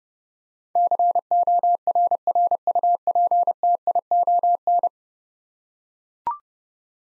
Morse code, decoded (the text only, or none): CORRUPTION